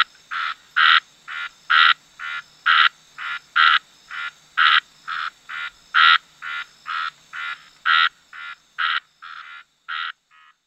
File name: Scinax ruber